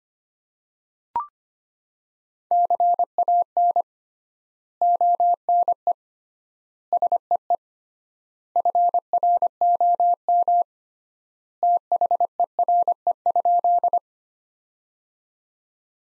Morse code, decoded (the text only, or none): CAN ONE SEE FROM THERE?